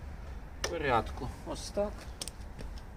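Someone talks while unfolding the handlebar stem of a Segway Ninebot KickScooter E2 Pro electric kick scooter in reverse order, raising it toward upright to lock its folding latch. Brief sharp handling noises come at about 2.2 and 2.3 seconds, with fainter ones near 2.6 and 2.8 seconds. The latch has not yet locked, and nothing has seated or clicked by the end.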